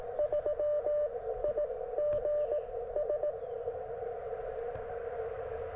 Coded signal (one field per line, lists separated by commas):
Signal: Morse code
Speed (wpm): 21 wpm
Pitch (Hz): 600 Hz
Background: radio noise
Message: 3 I G S